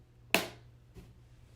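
A butterfly lock is pushed into the wall panel joint of a 9.5-inch-high, 5-layer chick brooder and gives one sharp, loud snap at 0.3 s as it seats. A faint softer sound follows near 1.0 s over a low steady hum.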